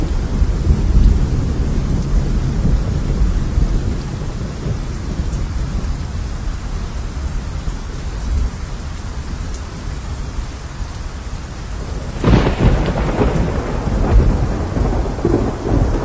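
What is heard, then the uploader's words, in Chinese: A thunderstorm with a deep, continuous rumble of thunder rolling low and heavy throughout, under a steady hiss of rain. Around the twelfth second a sharper, brighter crack of thunder breaks out, followed by renewed rumbling that swells toward the end. 送你一场雨（3D雷雨）。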